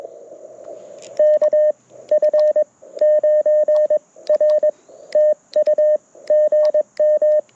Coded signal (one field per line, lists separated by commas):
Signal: Morse code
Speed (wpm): 21 wpm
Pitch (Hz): 1800 Hz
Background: radio noise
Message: KF9R TU GM